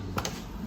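A metal portafilter is inserted into the group head of a Barista Premium espresso coffee machine and twisted to lock. Two short, sharp clicks are heard at 0.2 s and 0.3 s over a low background hum. The portafilter is seated and locked in place.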